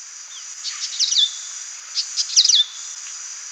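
White-naped monarch calls: two bursts of quick scratchy high notes, each ending in a thin sustained whistle, with constant insect buzz behind.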